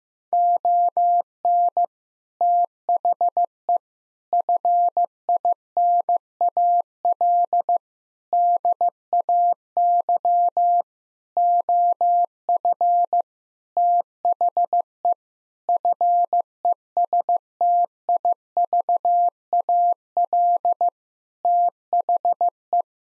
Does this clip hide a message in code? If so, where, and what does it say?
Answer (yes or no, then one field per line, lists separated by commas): yes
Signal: Morse code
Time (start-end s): 0.3-22.8 s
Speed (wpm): 16 wpm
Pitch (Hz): 700 Hz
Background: none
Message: ON THE FINAL DAY OF THE FESTIVAL THE